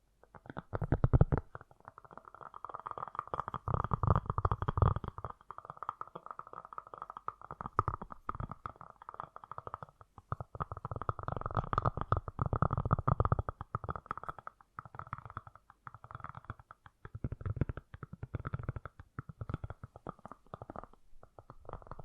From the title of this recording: Fast & Gentle Tapping